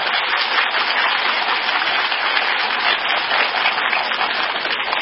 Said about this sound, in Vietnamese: Do đó chúng ta xin cho các vị Phật tử đó một tràng pháo tay.